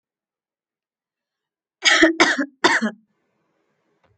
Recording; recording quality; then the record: shallow voluntary cough; excellent, no background noise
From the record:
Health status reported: healthy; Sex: female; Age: 28 years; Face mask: not worn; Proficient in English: yes